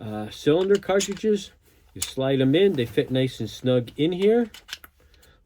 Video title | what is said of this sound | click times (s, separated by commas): Why You Need This! (Sub-Compact Less Lethal!) | like that you hear them snap in close it up you're ready to go | 4.8 s, 5.1 s